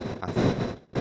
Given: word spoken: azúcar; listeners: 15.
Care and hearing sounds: one Spanish word in noise, from a listening test; noise modulated by one talker; -10.6 dB; 1 of 15; 7 of 15; 0.61 s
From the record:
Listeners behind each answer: 7, 3, 2, 1, 1, 1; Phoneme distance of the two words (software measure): 24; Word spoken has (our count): 3 syllables, 6 phonemes, stress on syllable 2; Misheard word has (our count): 2 syllables, 4 phonemes, stress on syllable 2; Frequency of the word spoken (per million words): 51.90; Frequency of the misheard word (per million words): 629.68

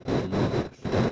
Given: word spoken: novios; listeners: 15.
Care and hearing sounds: one Spanish word in noise, from a listening test; noise modulated by one talker; -7.6 dB; 0 of 15; 8 of 15; 0.72 s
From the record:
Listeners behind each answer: 8, 1, 1, 1, 1, 1, 1, 1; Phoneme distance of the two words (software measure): 27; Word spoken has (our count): 2 syllables, 6 phonemes, stress on syllable 1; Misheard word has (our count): 2 syllables, 5 phonemes, stress on syllable 1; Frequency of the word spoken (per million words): 8.66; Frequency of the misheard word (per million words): 199.58

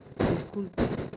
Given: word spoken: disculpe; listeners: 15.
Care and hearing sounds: one Spanish word in noise, from a listening test; noise modulated by one talker; -7.3 dB; 4 of 15; 9 of 15; 0.77 s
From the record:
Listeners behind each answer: 9, 4, 2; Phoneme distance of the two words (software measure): 10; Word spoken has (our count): 3 syllables, 8 phonemes, stress on syllable 2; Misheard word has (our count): 3 syllables, 8 phonemes, stress on syllable 2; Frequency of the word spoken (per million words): 2.20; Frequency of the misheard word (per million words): 5.13

